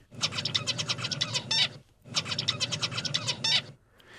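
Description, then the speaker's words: Zebra finch song, a rapid buzzy phrase of stacked syllables, repeated twice with the same structure each time. Song of the awake bird, contrasted with song produced during sleep; structure always the same; syllables practised over and over all day, morning and afternoon. "Ese es el canto del diamante mandarín. El diamante mandarín. Y esa es la estructura, es siempre igual."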